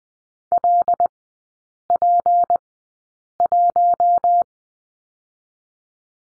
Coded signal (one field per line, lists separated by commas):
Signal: Morse code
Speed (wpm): 20 wpm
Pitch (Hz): 700 Hz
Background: none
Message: LP1